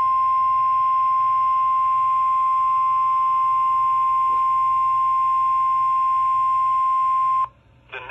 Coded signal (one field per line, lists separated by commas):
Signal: Emergency Alert System (SAME) tones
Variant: 1050 Hz attention tone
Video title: EAS Severe Thunderstorm Warning 6/14/21